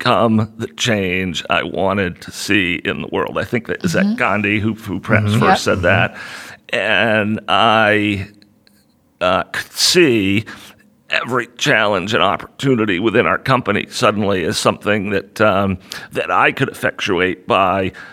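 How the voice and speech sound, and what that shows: A low-pitched adult man speaks in fairly fluent phrases, but his voice is frequently creaky and rough, with drawn-out, strained sounds around a long hesitation mid-sentence. This fits a chronic voice disorder (dysphonia), medically diagnosed as incurable; after losing his voice he has partly regained it, but it remains imperfect and audibly affected.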